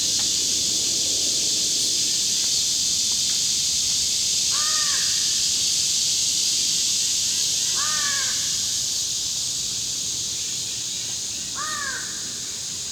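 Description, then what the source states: American crows calling, three harsh caws spaced about three to four seconds apart over a steady loud hiss. Pair of American crows near the top of a 25-meter pine across the road, 35–40 meters away, 10:35 a.m., July 25, 2019; clear skies, no wind, about 70 degrees.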